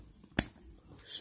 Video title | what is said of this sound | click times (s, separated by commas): LG G5 July 2017 Review: I wanted to love it | Then you just slide it back in. Snaps | 0.4 s